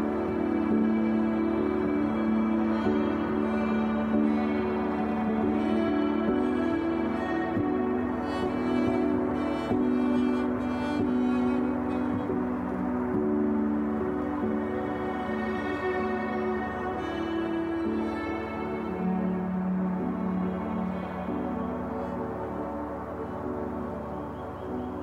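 Sustained string music holds steady low-mid notes that shift slowly, with faint chirping birds flickering in the background throughout.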